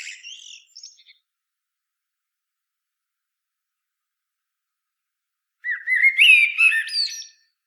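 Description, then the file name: Common blackbird: a phrase tails off in high twittering, then after a silence comes a loud, fluty warbled phrase with a thin, squeaky finish. "Turdus merula"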